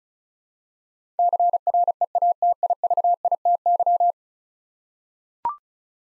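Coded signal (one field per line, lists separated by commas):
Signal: Morse code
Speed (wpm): 36 wpm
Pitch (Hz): 700 Hz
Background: none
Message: CREATIVITY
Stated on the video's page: Morse practice of 10-letter words at 35 wpm for head-copying, each word sent twice.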